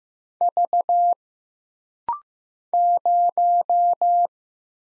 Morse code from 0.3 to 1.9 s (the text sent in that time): V